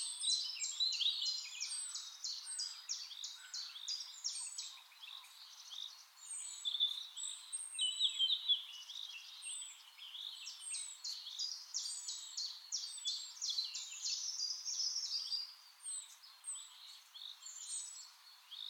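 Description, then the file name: Common chaffinch: faint, busy high song, a steady stream of rapid, sharply falling notes repeated over and over. "Fringilla coelebs"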